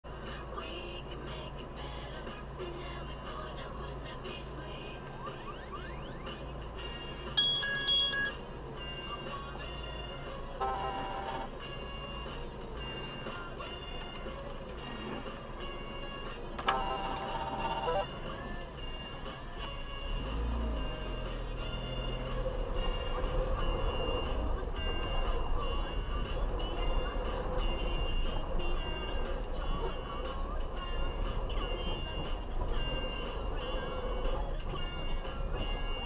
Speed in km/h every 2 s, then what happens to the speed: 1, 0, 1, 0, 0, 0, 0, 0, 0, 0, 0, 5, 8, 8, 8, 5, 0, 0.
0-21 standing. 21-24 pulls away to 8. 28-32 slows to 0. 32-36 standing.